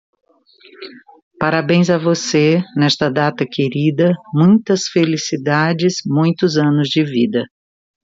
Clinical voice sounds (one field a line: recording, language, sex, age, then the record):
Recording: short text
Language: Brazilian Portuguese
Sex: female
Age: 50 to 59 years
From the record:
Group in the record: control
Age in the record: 56 years